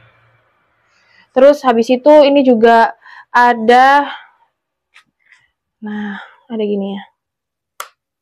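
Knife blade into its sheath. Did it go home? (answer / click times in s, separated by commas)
yes / 7.8 s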